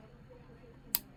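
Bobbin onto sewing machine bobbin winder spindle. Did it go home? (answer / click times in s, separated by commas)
yes / 0.9 s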